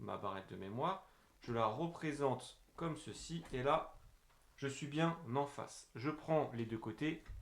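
A desktop memory module is lined up and held by both sides over a motherboard DIMM slot while someone talks throughout. Nothing has seated or clicked yet; the clip ends before the stick goes home and the retention clips snap shut.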